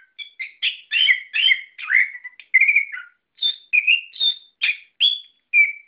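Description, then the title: Bird song, a few quick rough chirps followed by spaced clear whistles, each short note separated by brief gaps. "SuaraBurung Kicau4"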